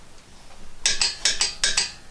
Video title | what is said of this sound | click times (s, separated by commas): DIY Honda Civic Front Brake Change 2016 to 2021 model years. | it a couple of clicks there | 0.9 s, 1.3 s, 1.6 s